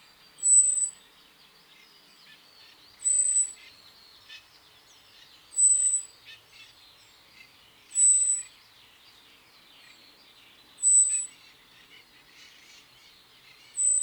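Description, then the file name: Common blackbird call: a thin, very high, drawn-out note repeated about every two and a half seconds over a busy background chorus of twittering birds. "Turdus merula"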